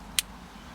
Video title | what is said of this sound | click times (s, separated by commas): 2990-2005 Mazda MX5 Miata Convertible Top Latch Replacement - MIATA STREET | this is one that works correctly. As you can tell, it'll click, | 0.2 s